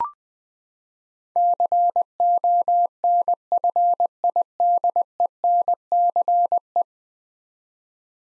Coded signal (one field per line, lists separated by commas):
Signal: Morse code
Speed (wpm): 21 wpm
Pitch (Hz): 700 Hz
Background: none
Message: CONFIDENCE